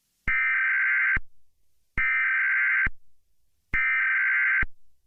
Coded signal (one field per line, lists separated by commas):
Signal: Emergency Alert System (SAME) tones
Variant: header bursts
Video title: EAS Scenario #1: April 27, 2011 Super Outbreak